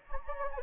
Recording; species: mosquito wingbeat signal from an infrared sensor; Anopheles gambiae